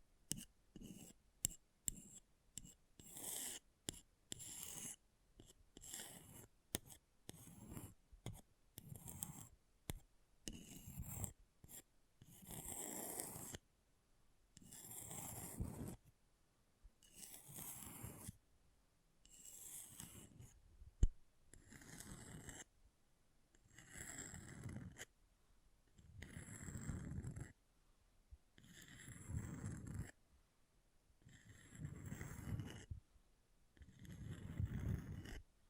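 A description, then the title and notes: Scratching on an object in short rasping strokes, quick and clustered at first, then slowing into longer, evenly spaced scrapes with silent gaps. ASMR Brain Melting Object Scratching (No Talking).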